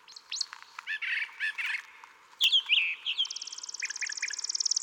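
Brown thrasher: songbird medley of harsh, squawky notes and sharp slurs, ending in a long rapid high trill.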